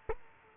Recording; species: mosquito wingbeat signal from an infrared sensor; Culex quinquefasciatus